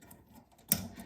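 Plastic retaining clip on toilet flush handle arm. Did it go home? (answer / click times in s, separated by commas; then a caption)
yes / 0.7 s. A small plastic retaining clip on a toilet flush handle arm is pushed back into place. After faint, quiet handling noise, a sharp, loud tick sounds at 0.7 s as the clip snaps back in and seats.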